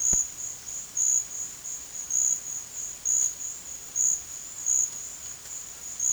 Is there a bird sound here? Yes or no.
no